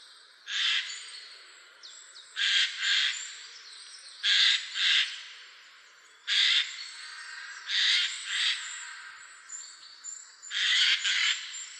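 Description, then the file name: Eurasian jay giving harsh, rasping screeches, often paired in quick doubles, repeated every two seconds or so across the recording. "Garrulus glandarius"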